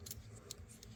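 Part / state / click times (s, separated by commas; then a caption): knife blade into its lock in the handle / seated / 0.5 s. The main spear-point blade of a Swiss Army style pocket knife with a textured scale is opened, and a sharp click at 0.5 s marks the blade lock engaging in the handle, with softer ticks around it at 0.1 s and 0.8 s. The blade is locked open.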